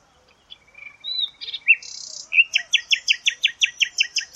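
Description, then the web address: Bird song opening with a few varied whistles and a buzzy note, then a rapid series of similar sharp notes. "Deverinetal 2025. Bird Only"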